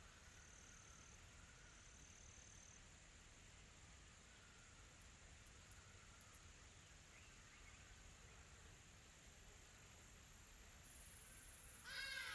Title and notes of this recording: Quiet Tropical Forest. The gentle rustling of leaves and the distant calls of exotic birds